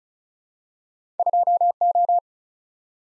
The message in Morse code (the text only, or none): 2O